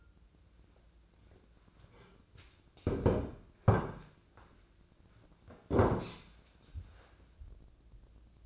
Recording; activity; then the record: daily activity, microphone in the room; sit down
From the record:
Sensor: 2